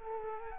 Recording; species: mosquito wingbeat signal from an infrared sensor; Culex quinquefasciatus